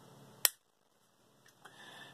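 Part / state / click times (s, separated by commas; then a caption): plastic retainer snapping onto the washer agitator assembly / seated / 0.4 s. A plastic retainer inside the agitator of a Whirlpool washer is pressed down onto its mount until it snaps home, to keep the parts from falling out of place. A sharp, bright click sounds at 0.5 s over a faint low hum, followed by quieter soft rustling and a small tick around 1.7 s. The retainer is seated in place.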